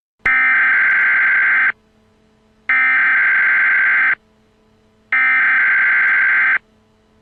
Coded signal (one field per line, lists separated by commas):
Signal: Emergency Alert System (SAME) tones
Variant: header bursts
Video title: EAS Scenario | The Creature.